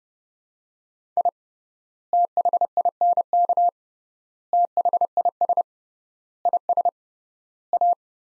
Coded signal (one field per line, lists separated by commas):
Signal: Morse code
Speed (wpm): 30 wpm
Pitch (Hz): 700 Hz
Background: none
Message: I THINK THIS IS A